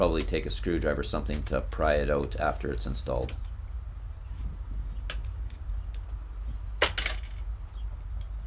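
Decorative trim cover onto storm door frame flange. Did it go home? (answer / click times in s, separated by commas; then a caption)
yes / 6.8 s, 7.0 s. Someone talks for the first few seconds while a decorative plastic/aluminium trim cover is pressed over the mounting flange of an Andersen 3000/4000 Series storm door frame to hide the screws. After a few faint taps, sharp snaps ring out at 6.8 s and 7.0 s as the trim snaps in place, seated and very secure.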